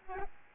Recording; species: mosquito wingbeat signal from an infrared sensor; Aedes albopictus